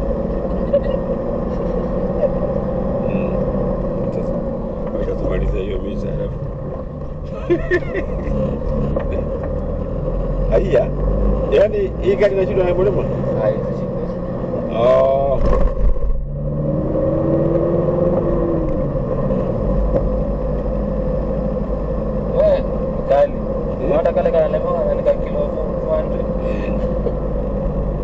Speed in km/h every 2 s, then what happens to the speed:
38, 40, 39, 16, 15, 20, 26, 23, 32, 32, 34, 34, 34, 33.
4-7 brakes to 15. 9-11 speeds up to 26. 14-16 speeds up to 32. 16-28 steady at about 33.